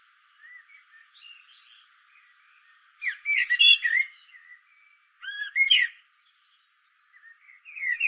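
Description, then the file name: Common blackbird song: faint soft warbles, then two loud fluty phrases ending in high scratchy twitters, another phrase starting at the end. "Turdus merula"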